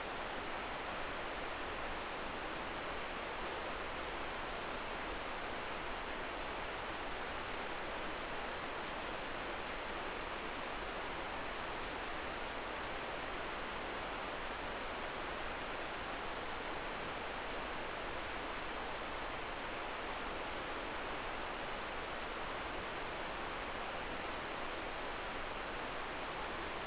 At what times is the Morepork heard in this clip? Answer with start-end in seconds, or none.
none